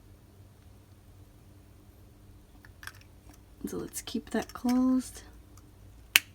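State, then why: Seated. Someone talks while pushing the push-on cap onto a plastic Pilot Kakuno fountain pen after refilling it with a new ink color. A single sharp snap at 6.2 s marks the cap clicking shut, showing it is seated all the way in.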